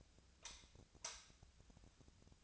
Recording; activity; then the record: daily activity, microphone in the room; light off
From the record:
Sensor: 2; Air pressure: 1009.7 hPa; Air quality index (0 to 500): 181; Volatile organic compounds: 10 ppm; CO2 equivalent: 2263 ppm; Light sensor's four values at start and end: 33/85/36/39 and 28/68/30/33